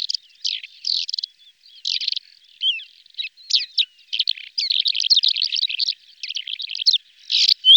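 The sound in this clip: Lesser short-toed lark singing a fast, scratchy medley of chirps and buzzy trills, growing denser in the second half.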